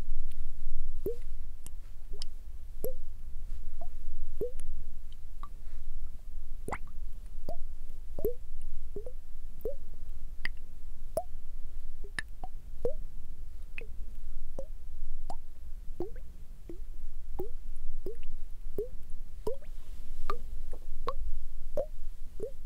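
Water droplets fall in a steady, fairly regular series of sharp plinking drips, roughly one per second, over a constant low rumble.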